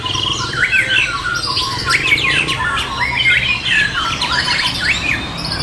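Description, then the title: Birds chirping and squawking together in a dense, overlapping chorus of quick rising and falling notes, with a steady low hum underneath. "SuaraBurung Kicau"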